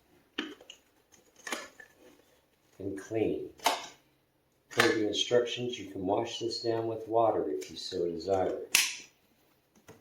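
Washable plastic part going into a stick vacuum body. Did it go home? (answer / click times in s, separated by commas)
no / none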